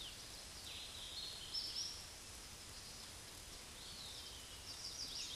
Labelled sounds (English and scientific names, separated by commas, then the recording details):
Hooded Warbler (Setophaga citrina) song
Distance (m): 45 m
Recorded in a Pennsylvania forest on 18 May 2023 at 12:50
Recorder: AudioMoth, point grid1_39_low
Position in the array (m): 157 m, 154 m